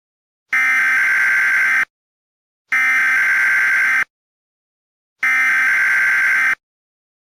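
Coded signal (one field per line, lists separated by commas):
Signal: Emergency Alert System (SAME) tones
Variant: header bursts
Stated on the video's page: Fictional EAS alarm for a Jurassic World scenario.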